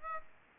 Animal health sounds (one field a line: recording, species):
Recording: mosquito wingbeat signal from an infrared sensor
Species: Aedes aegypti